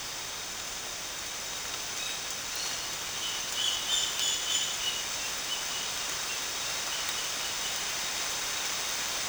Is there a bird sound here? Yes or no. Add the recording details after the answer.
no. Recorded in secondary vegetation near Puerto Asís, Putumayo, Colombia, on 19 June 2025 at 13:30. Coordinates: 0.485, -76.322. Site GP06